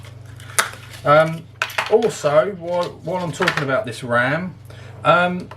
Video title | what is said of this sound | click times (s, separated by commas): Unleashing Power: Installing Ryzen 7 8700g Into Commodore 16x! | you can hear that click so that's the first bit let's do the next one | 0.6 s